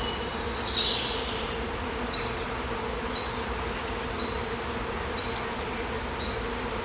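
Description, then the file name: Bee buzz as a constant low hum under a bird's short high chirp, repeated roughly every second. "Beeswav"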